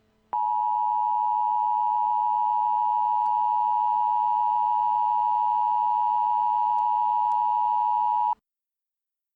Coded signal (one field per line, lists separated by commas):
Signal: Emergency Alert System (SAME) tones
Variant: 853 and 960 Hz attention tone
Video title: EAS New Year's Special - New Year Disaster